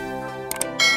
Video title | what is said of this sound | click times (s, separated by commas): Portable stove- Camping stove- Traveling Stove | lock हो गया, तो | 0.5 s, 0.6 s